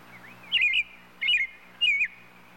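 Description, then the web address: Robin giving three loud, twisting chirps about two-thirds of a second apart, each rising then dropping, with a faint low hum beneath. "bird robin robin calls animal"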